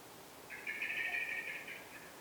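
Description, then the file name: Common blackbird giving one drawn-out, harsh chatter lasting over a second against a soft background hiss. "Turdus merula"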